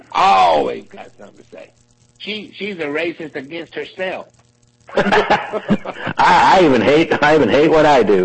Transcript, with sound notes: She ALWAYS got somethin’ to say. She, she’s a racist against herself. [laughs]
[chuckles] I even hate, I even hate what I do.